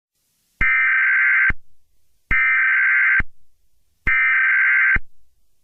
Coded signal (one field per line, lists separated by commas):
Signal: Emergency Alert System (SAME) tones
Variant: header bursts